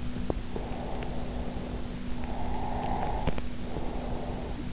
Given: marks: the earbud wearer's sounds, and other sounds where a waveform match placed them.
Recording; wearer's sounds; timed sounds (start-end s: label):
sounds in sleep by an in-ear microphone; breath
0.62-4.73 s: breath